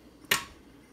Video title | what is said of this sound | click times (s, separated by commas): Yet another (better?) rotating monitor setup! - Demonstration video | hear that click when it unlocks and | 0.3 s